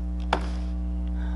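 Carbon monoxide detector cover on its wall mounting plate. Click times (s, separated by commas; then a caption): 0.3 s. A plastic cover of a standard Honeywell carbon monoxide detector is twisted counterclockwise by hand off its wall mounting plate to change the batteries. A sharp click at 0.3 s, after a faint tap just before, marks the cover releasing from the mount. A steady low hum runs underneath throughout.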